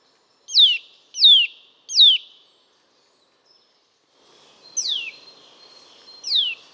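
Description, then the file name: Eurasian nuthatch calls, three quick descending whistled notes, then two more spaced apart over a faint background hiss. "Sitta europaea"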